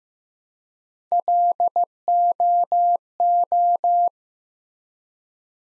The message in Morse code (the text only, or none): LOO